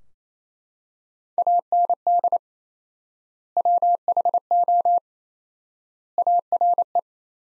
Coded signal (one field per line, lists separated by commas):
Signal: Morse code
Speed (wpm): 28 wpm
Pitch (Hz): 700 Hz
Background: none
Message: AND WHO ARE